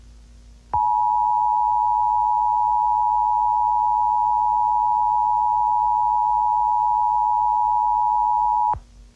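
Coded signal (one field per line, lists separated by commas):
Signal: Emergency Alert System (SAME) tones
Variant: 853 and 960 Hz attention tone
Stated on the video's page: Fictional EAS scenario with valid EAS tones, a simulated alert.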